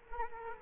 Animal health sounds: mosquito wingbeat signal from an infrared sensor; Culex quinquefasciatus

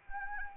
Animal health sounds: mosquito wingbeat signal from an infrared sensor; Anopheles arabiensis

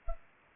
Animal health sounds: mosquito wingbeat signal from an infrared sensor; Culex pipiens

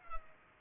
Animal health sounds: mosquito wingbeat signal from an infrared sensor; Culex pipiens

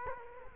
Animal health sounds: mosquito wingbeat signal from an infrared sensor; Culex quinquefasciatus

